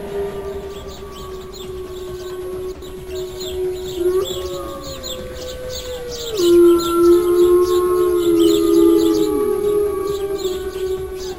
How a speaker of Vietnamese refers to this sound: Ngay sau khi Cương Nhật Phổ Bạc vận hết sức thổi mạnh, âm thanh phát ra từ cái sáo xương mới đầu thấp rồi cao dần đến thấp trầm, từ thấp trầm đến thê lương thành cao vút chói tai, mọi người đều ù hết cả tai.